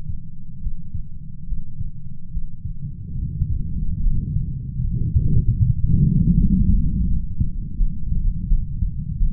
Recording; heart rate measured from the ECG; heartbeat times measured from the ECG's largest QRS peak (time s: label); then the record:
heart sounds by stethoscope; 77 bpm
0.58 s: heartbeat
1.44 s: heartbeat
2.29 s: heartbeat
3.14 s: heartbeat
3.99 s: heartbeat
4.80 s: heartbeat
5.58 s: heartbeat
6.33 s: heartbeat
7.05 s: heartbeat
7.75 s: heartbeat
8.46 s: heartbeat
9.16 s: heartbeat
From the record:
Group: healthy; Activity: Valsalva maneuver 0-3 s, rest 3-9 s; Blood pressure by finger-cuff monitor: 91/57 mmHg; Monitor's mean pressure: 70 mmHg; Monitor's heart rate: 72 bpm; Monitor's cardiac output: 5.9 L/min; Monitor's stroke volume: 81 mL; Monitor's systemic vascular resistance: 860 dyn s/cm5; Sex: female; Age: 26 years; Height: 165 cm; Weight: 55 kg